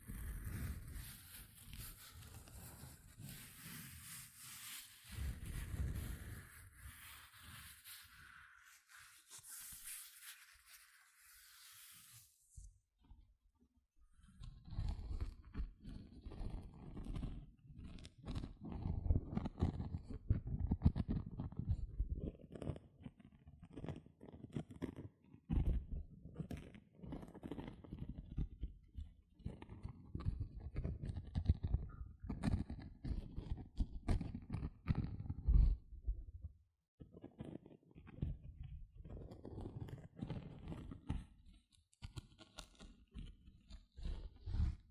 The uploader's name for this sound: Tingly Gentle Scratching Sounds